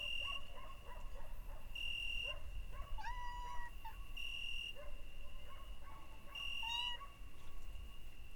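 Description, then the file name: Domestic cat meowing, short rising cries with harmonics, a few times amid a steady high chorus of night crickets and a low background hum. Recorded at night in Izgrev, with crickets calling alongside the cat. "Noshti shturci i koteto Petrova (s Izgrev)"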